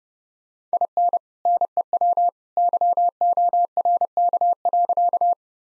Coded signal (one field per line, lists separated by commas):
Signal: Morse code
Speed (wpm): 30 wpm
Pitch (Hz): 700 Hz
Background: none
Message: IN NEW YORK.